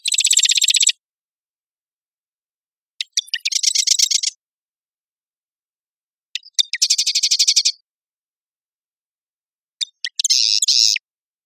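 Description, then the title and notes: Marsh wren delivering four buzzy, rapid rattled trills, most introduced by brief clicks, repeated about every three seconds with silence between. Single male singing excitedly, sometimes turning away; Marymoor Park, Redmond, Washington, USA; song clanking, noisy and constantly varying. "Marsh Wren - Cistothorus palustris - song. recorded at Marymoor Park in Redmond, WA"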